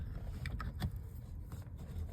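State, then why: Not seated. The cable connector of an EcoFlow 800W DC-to-DC charger is handled at its socket on an EcoFlow Delta 2 portable power station inside a Peugeot Boxer camper. Brief handling taps come around 0.5, 0.6, 0.8 and 1.5 s over a steady low rumble. Nothing has seated or clicked yet.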